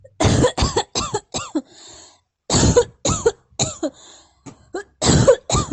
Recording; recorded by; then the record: voluntary cough; messaging app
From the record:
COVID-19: negative